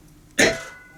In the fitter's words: click that's it all right we're going to put this under the Press